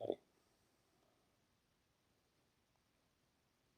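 During a Hayabusa rear brake caliper rebuild, the brake pad retaining pin is being handled at the motorcycle's rear brake caliper. Someone talks briefly at the very start, then only faint low background noise remains. Nothing has seated or clicked yet.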